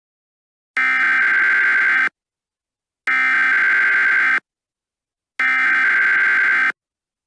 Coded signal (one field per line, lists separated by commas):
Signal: Emergency Alert System (SAME) tones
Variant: header bursts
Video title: EAS Scenario Blue Retaliation